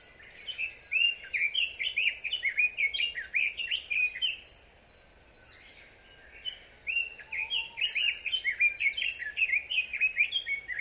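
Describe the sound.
Red-billed leiothrix song of bubbling, quickly repeated whistled notes, given as two extended phrases with a brief silence between them.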